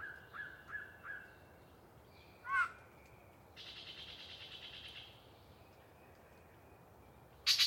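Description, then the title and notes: Yellow-breasted chat song of three downslurred whistled notes, a single clucking note, a buzzy trill and a closing harsh burst, all fairly soft with pauses between. Long pre-dawn song by one very chatty bird in deciduous cover near the microphones. "A Very Chatty Yellow-breasted Chat. A particularly chatty Yellow-breasted Chat provides us a long pre-Dawn soliloquy while hanging out in some deciduous coverage"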